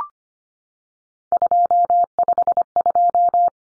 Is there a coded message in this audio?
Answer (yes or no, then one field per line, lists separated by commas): yes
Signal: Morse code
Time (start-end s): 1.3-3.5 s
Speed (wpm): 25 wpm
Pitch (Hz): 700 Hz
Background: none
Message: 252